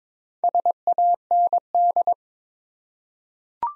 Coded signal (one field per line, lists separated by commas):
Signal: Morse code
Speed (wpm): 22 wpm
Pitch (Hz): 700 Hz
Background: none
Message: SAND